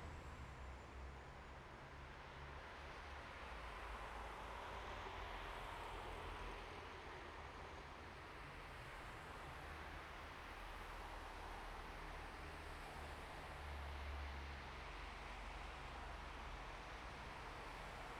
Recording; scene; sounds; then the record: everyday scene through a hearing-aid microphone; in traffic; traffic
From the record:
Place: bus stop on a city main road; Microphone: behind the ear, right, rear